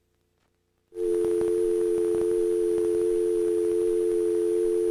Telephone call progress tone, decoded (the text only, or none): dial tone